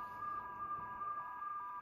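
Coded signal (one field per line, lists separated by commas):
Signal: alarm pattern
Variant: QO-100 LEILA alarm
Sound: warbling two-tone alarm alternating about every fifth of a second over a steady tone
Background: radio hiss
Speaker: and the alarm goes off somebody's losing a bit too much power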